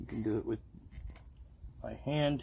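Someone talks while handling the spring-loaded pin clip that locks the front wheel nut, fitting it by hand into the front wheel nut and axle on a Can-Am Ryker three-wheel motorcycle. A few faint, sharp ticks sound between speech around 1.1 to 1.3 seconds. Nothing has seated or clicked into place yet.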